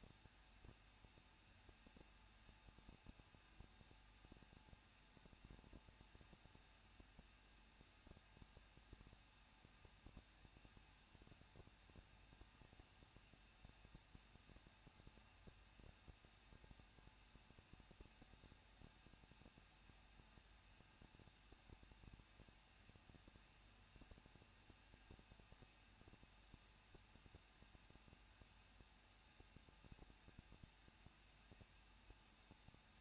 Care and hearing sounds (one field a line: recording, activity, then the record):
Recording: daily activity, microphone in the room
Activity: no activity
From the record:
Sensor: 2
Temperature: 21.0 degrees Celsius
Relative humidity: 37.3%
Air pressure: 1006.3 hPa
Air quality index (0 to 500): 220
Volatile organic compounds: 23 ppm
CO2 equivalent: 2787 ppm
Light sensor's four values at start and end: 2/3/2/2 and 2/3/2/2